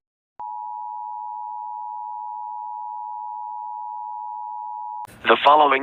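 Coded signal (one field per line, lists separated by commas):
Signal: Emergency Alert System (SAME) tones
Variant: 853 and 960 Hz attention tone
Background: speech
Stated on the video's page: Fictional EAS scenario, not a real alert.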